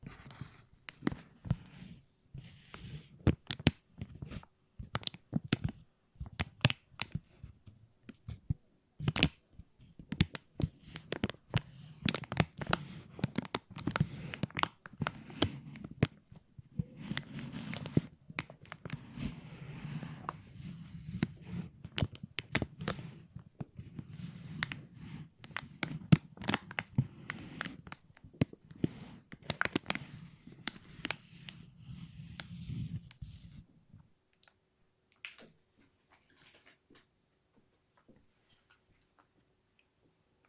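Plastic crinkling in a dense, irregular stream of sharp crackles and snaps, with a steady low rustling beneath. The handling runs busily for about 34 seconds, then stops abruptly, leaving a few scattered clicks and near silence to the end.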